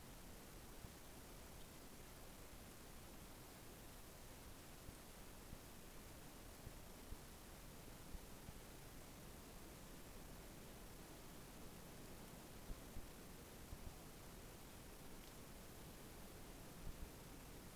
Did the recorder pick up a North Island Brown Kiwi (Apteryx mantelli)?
no